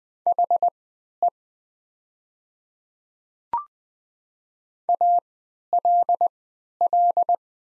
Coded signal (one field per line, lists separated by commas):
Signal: Morse code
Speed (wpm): 20 wpm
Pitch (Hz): 700 Hz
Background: none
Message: HE ALL